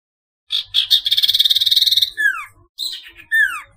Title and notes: Kicau Burung Sirtu